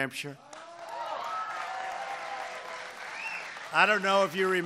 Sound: applause

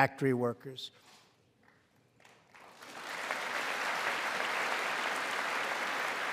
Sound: applause

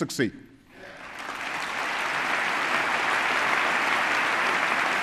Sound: applause

